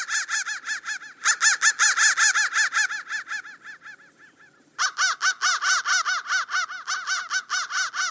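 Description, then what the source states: Crow caws, harsh arched notes in rapid runs, fading to a quieter stretch, then another loud fast burst. Processed, altered crow sound.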